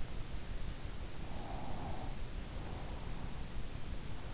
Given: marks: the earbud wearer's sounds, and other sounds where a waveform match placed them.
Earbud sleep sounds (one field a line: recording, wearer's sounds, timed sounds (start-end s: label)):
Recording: sounds in sleep by an in-ear microphone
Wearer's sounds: breath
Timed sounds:
1.15-3.22 s: breath